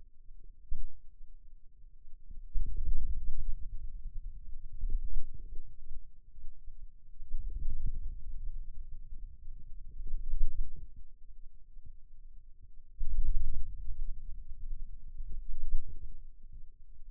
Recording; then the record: forearm muscle sounds (acoustic myography)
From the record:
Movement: wrist flexion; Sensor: system 2, bracelet of six BSWA MPA416 microphones around the upper forearm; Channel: 5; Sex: male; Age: 22 years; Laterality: right